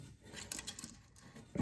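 A red plastic locking clip is pushed back onto a toilet flush lever arm, which has been locked into place so it has no play or movement. A sharp click sounds at 0.5 s, followed by small rattles and another knock near the end, and the clip is seated on the arm.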